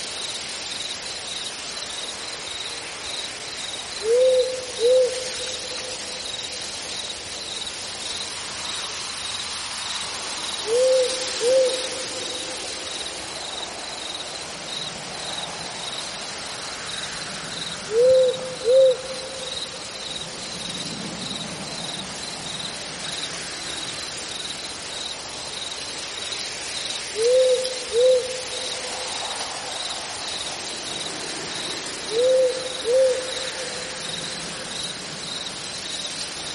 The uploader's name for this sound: Meet owls late at night and hear the wonderful chirping of cicadas, thunder, lightning, wind and rain